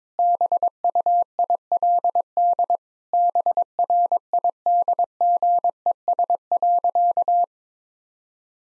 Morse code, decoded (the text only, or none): BUILD BRIDGES.